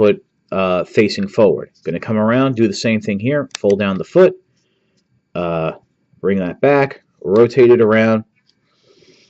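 Someone talks while transforming the legs of a Transformers Titans Return Twinferno figure, rotating a plastic leg or tail section around toward the toy robot's leg assembly. Nothing has seated or clicked into place yet.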